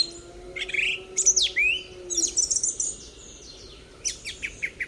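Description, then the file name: Song thrush song: a series of varied, clear whistled and chirpy phrases with short pauses, ending in several sharp repeated notes, over a faint low hum. "Reinsamba Song Thrush With Cows"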